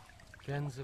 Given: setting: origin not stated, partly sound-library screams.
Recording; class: one-second piece from a danger detection set; normal situation